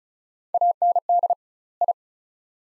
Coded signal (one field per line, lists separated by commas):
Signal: Morse code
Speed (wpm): 36 wpm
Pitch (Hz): 700 Hz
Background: none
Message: AND I